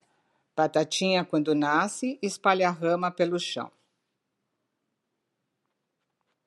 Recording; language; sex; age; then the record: short text; Brazilian Portuguese; female; 60 to 69 years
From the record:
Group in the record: control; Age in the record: 63 years